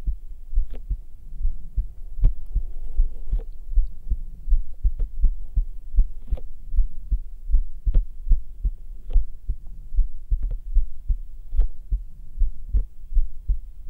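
Soft, steady low thumps repeat at about 79 beats a minute, each with a paired lub-dub feel, heard through a black 3Dio binaural microphone held against bare skin on an adult chest. A faint low hum runs underneath throughout.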